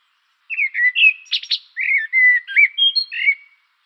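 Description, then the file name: Common blackbird singing varied fluty whistled phrases with a brief scratchy double note in the middle, flowing warble continuing for about three seconds. "turdus merula"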